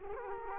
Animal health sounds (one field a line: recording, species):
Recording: mosquito wingbeat signal from an infrared sensor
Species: Culex quinquefasciatus